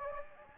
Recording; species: mosquito wingbeat signal from an infrared sensor; Anopheles gambiae